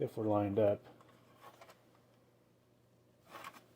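Someone talks briefly while the first plastic push pin of a stock CPU cooler, for an i3-10320 replacing a Celeron, is rotated to its arrow and lined up over a mounting hole on a Gigabyte Z490M Gaming X motherboard. Only faint handling ticks follow at about 1.0 s and 1.6 s, with a soft rustle near 3.4 s. The pin has not been pressed in and nothing has clicked yet.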